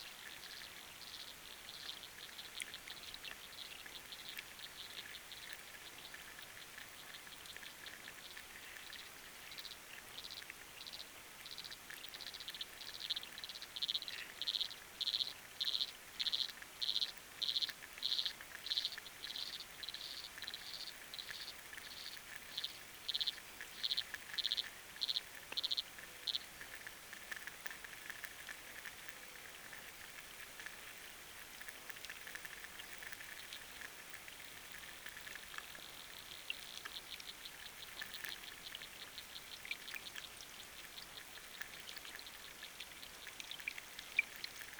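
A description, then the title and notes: Frogs call underwater in a fast, regular train of bright pulses from about 12 to 27 seconds, over a steady crackling, rain-like patter. Frogs recorded underwater with an hydrophone.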